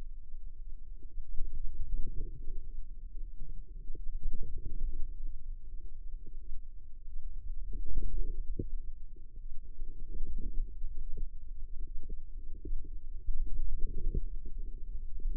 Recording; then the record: forearm muscle sounds (acoustic myography)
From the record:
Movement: ulnar deviation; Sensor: system 2, bracelet of six BSWA MPA416 microphones around the upper forearm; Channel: 2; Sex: female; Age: 25 years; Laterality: right